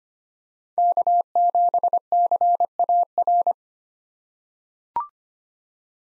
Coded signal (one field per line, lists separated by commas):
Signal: Morse code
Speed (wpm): 25 wpm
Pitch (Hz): 700 Hz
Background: none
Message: K7CAR